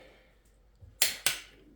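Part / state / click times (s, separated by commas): cylinder head stud/bolt on engine block, torque wrench / torque reached / 1.0 s, 1.3 s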